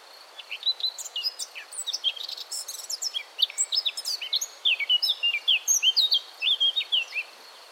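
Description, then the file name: Eurasian blackcap song: a continuous, fast, varied warble of short slurred and scratchy notes, sustained for about seven seconds with a steady high tone in the background. "Sylvia atricapilla"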